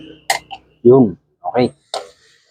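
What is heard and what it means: A spring clip is pushed with long-nose pliers onto the master link of a motorcycle drive chain. It gives a sharp metallic snap at 0.3 s as it locks into place. Someone then talks.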